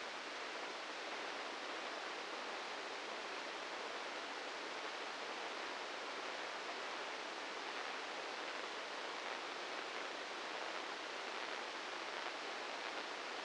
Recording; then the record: brain microelectrode recording played as sound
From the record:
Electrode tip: inside the subthalamic nucleus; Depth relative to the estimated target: -2 mm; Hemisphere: right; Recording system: NeuroSet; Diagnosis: Parkinson's disease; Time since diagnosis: 10 years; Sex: male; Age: 56 years